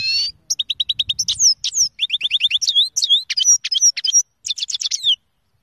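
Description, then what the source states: Finch delivering a fast, continuous song of high chirps: repeated short notes, then looping slurred syllables and trilled clusters, almost without pause for five seconds. Song described as original Kermani style.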